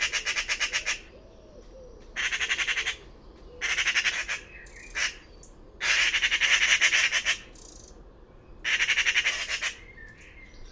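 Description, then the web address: Bird calling with coarse, fast-pulsed rattling bursts about a second long that recur every couple of seconds. "Bird Only More Classes Pi Pi Pi Pi"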